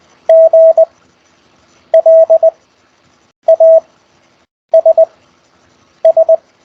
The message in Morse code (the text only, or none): GLASS